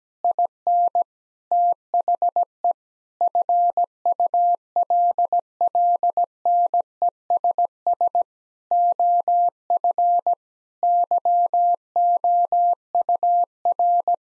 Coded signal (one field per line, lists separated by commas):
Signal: Morse code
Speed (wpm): 17 wpm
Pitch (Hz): 700 Hz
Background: none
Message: IN THE FULLNESS OF YOUR